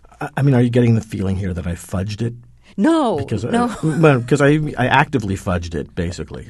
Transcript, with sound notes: I mean, are you getting the feeling here that I fudged it because...
No, no.
(SOUNDBITE OF LAUGHTER)
Because I actively fudged it, basically.